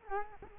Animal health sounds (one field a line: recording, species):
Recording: mosquito wingbeat signal from an infrared sensor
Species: Culex quinquefasciatus